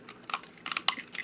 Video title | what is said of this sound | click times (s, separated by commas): Transformers Generations Combiner Wars Leader Class Megatron | That will lock into place. | 0.9 s